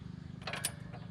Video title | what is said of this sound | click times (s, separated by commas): Acadia Enclave Traverse Outlook Suspension Replacement | foot-pounds hear the click no | 0.6 s